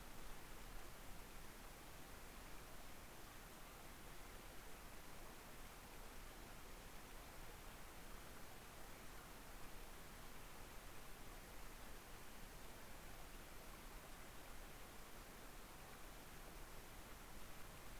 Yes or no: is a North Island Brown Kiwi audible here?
no